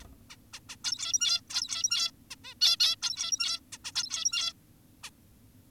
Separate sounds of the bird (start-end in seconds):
0.02-0.04, 0.30-0.36, 0.54-0.60, 0.69-0.76, 0.84-1.41, 1.50-2.11, 2.31-2.36, 2.44-2.54, 2.61-2.77, 2.80-2.96, 3.02-3.60, 3.72-3.78, 3.85-3.92, 3.95-4.53, 5.04-5.10